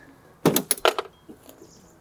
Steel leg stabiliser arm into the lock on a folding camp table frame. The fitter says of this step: listen for the click